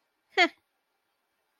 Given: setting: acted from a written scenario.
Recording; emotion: vocal sound without words; neutral